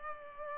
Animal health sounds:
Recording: mosquito wingbeat signal from an infrared sensor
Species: Culex pipiens

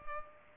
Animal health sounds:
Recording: mosquito wingbeat signal from an infrared sensor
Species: Culex pipiens

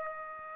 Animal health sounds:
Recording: mosquito wingbeat signal from an infrared sensor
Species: Aedes albopictus

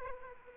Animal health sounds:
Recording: mosquito wingbeat signal from an infrared sensor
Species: Aedes aegypti

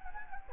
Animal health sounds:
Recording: mosquito wingbeat signal from an infrared sensor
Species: Anopheles gambiae

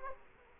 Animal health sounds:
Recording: mosquito wingbeat signal from an infrared sensor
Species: Culex quinquefasciatus

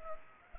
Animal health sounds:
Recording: mosquito wingbeat signal from an infrared sensor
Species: Culex pipiens

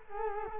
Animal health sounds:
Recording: mosquito wingbeat signal from an infrared sensor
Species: Culex quinquefasciatus

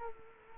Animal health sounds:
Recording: mosquito wingbeat signal from an infrared sensor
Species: Culex quinquefasciatus

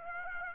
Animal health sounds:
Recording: mosquito wingbeat signal from an infrared sensor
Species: Aedes aegypti

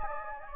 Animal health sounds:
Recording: mosquito wingbeat signal from an infrared sensor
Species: Anopheles gambiae

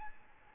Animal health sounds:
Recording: mosquito wingbeat signal from an infrared sensor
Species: Aedes albopictus

